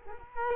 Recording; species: mosquito wingbeat signal from an infrared sensor; Culex quinquefasciatus